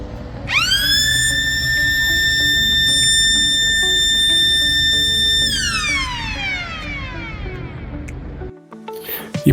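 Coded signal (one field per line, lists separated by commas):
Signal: siren signal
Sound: a mechanical siren winds up, holds a loud steady wail about five seconds, then winds down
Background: street noise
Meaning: It is one o'clock; a signal for setting watches and clocks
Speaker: ഇപ്പോൾ നിങ്ങൾ ഈ കേട്ട കാതു തുളക്കുന്ന ശബ്ദം എവിടെ നിന്നാണെന്ന് അറിയാമോ ഷെഫീൽഡിലെ വൺ ഓ ക്ലോക്ക് ടൈം സിഗ്നൽ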